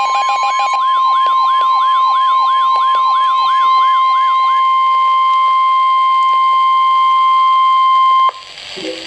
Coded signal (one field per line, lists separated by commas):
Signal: Emergency Alert System (SAME) tones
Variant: 1050 Hz attention tone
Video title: Special Marine Warning (EAS #1,208)